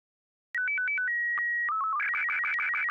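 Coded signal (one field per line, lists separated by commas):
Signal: SSTV (slow-scan television)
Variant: Robot 36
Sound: alternating beeps, steady high tone, quick low chirps, then rapid buzzing warble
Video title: SSTV Test Image Robot 36c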